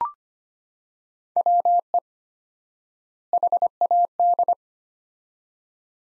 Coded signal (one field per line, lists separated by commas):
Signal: Morse code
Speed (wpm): 25 wpm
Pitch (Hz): 700 Hz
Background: none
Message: WE HAD